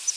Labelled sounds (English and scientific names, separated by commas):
Palm Warbler (Setophaga palmarum) flight call